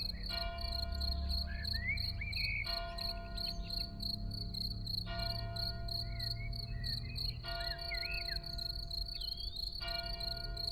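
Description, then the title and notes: Field cricket chirping nonstop under repeated church bell strokes, with bright blackbird whistles and a low background rumble. Early summer in a small village, Ettenkirch near Lake Constance, recorded over 14 years ago with Edirol R1 and OKM I microphones; blackbirds and church bells in background. "Ettenkirch near lake Constance - Early summer scene in a small village. Frühsommerszene in einem kleinen Dorf in der Nähe des Bodensees: Feldgrille, Amseln, Kirchenglocken, Stimmen und einige Autos im Hintergrund"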